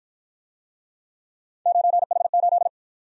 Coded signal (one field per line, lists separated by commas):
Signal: Morse code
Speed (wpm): 51 wpm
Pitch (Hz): 700 Hz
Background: none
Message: 9H8